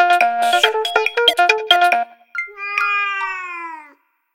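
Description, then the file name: Cat meowing: one drawn-out, slightly falling meow of about a second and a half, following a burst of bright plinking musical notes. Kittens. "The kittens"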